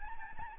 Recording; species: mosquito wingbeat signal from an infrared sensor; Aedes albopictus